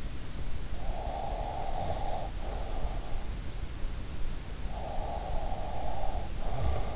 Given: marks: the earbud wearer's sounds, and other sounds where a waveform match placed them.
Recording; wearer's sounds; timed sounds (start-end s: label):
sounds in sleep by an in-ear microphone; breath
1.00-2.94 s: breath
4.62-6.96 s: breath